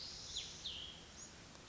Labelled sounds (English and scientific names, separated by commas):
Cassin's Vireo (Vireo cassinii)